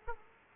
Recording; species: mosquito wingbeat signal from an infrared sensor; Aedes aegypti